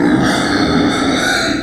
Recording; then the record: squeal of a Yucatan mini pig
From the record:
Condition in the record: before surgery on the right vocal fold (resection and tissue-engineered implant); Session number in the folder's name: 3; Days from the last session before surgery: 0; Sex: female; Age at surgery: 19 weeks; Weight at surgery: 25 kg